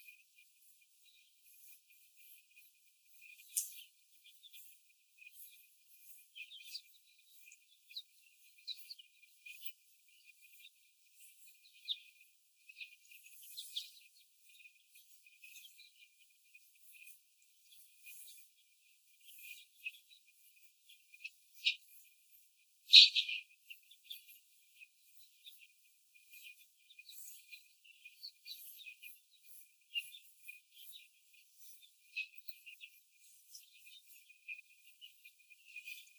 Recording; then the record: young laying hens in a cage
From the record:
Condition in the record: after the stressor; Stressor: simulated dog barking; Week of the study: 4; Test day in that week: 1